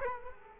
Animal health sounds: mosquito wingbeat signal from an infrared sensor; Culex quinquefasciatus

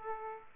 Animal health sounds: mosquito wingbeat signal from an infrared sensor; Aedes aegypti

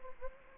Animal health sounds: mosquito wingbeat signal from an infrared sensor; Anopheles gambiae

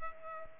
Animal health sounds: mosquito wingbeat signal from an infrared sensor; Culex pipiens

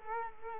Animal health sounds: mosquito wingbeat signal from an infrared sensor; Culex quinquefasciatus

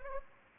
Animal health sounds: mosquito wingbeat signal from an infrared sensor; Anopheles arabiensis

